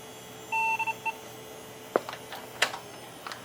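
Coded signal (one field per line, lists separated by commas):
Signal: beep code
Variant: PC BIOS POST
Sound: a buzzy PC-speaker beep: one long, two quick short, one more short beep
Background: clicks and knocks, small room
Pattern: 1 long, 2 short, 1 short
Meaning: The video card is not detected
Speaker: It thinks there's no video. So you heard those, it's really fast. But there were two beeps, right, where there was a beep and then two beeps. And then another beep at the end of that.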